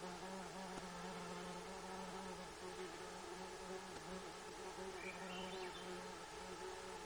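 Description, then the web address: Insect buzz, a low droning hum that breaks into short pulses, with a faint high chirp near the end over soft background hiss. Gates of the Arctic, Alaska; recorded 12 June 2018 at about 21:03. "alaska acoustic highlights highlights audio INSECTS GAARFLOR 20180612 210329"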